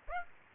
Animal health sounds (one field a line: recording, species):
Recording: mosquito wingbeat signal from an infrared sensor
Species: Aedes aegypti